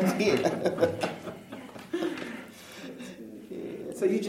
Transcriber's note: laughter